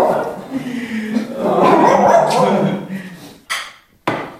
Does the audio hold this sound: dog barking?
yes